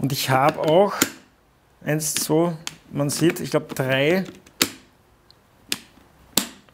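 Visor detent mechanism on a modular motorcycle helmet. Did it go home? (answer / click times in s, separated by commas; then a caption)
yes / 4.6 s, 5.7 s, 6.4 s. Someone talks while moving the visor of an AGV Sportmodular carbon modular motorcycle helmet through its opening positions. The visor's detent mechanism gives distinct sharp clicks at 4.6 s, 5.7 s and 6.4 s, with quiet between them. Each stage seats, giving two or three detent stages.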